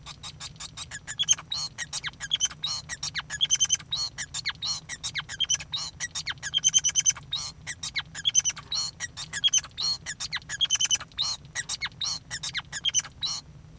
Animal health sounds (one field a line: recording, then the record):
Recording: song of a male Bengalese finch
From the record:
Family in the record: son of father 5